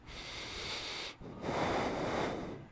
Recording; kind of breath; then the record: one breath in and out by a microphone near the nose and mouth; deep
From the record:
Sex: male